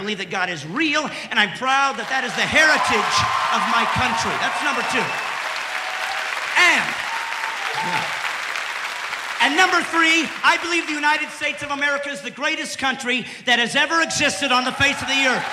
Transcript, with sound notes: I believe that God is real, and I'm proud that that is the heritage of my country. That's number two. (Soundbite of audience cheering) And number three: I believe the United States of America is the greatest country that has ever existed on the face of the Earth.